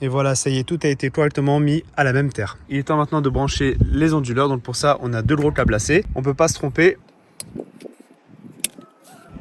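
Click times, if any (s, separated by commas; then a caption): 8.6 s. Someone talks for the first seven seconds, then short handling taps follow around 7.4 to 7.9 seconds as one of two large cables is plugged into the connector of a solar microinverter. The solar cable connector snaps home with a sharp click at 8.7 seconds and is seated.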